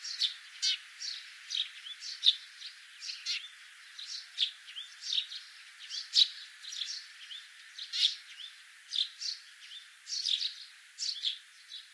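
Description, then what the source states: Sparrow chatter of repeated sharp chirps from several birds, in irregular clumps throughout. Common sparrows.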